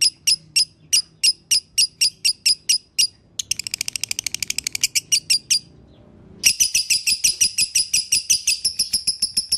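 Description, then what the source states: Lovebird chattering song: evenly spaced sharp chirps, a fast rattling trill, a brief silence, then dense, strident repeated notes. Lovebird masteran (training) track in the konslet singing style.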